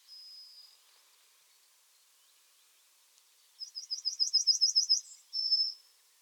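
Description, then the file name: Yellowhammer giving a drawn-out high note, then after a silence a rapid string of about a dozen chipping notes closed by a long sustained tone. "Yellowhammer Emberiza citrinella"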